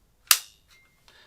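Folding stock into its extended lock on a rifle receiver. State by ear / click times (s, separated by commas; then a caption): seated / 0.3 s. The steel folding stock of a Cyma CM.045A AKSU airsoft replica rifle is swung back into its extended position on the receiver and locks with a sharp, loud click at 0.3 s that rings out briefly. Fainter handling sounds follow near 0.7 s and 1.1 s, and the stock is secured open.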